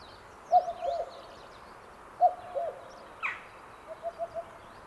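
Cuckoo giving two clear cu-coo calls, the second note dropping, followed by softer short notes; small birds twitter faintly in the background.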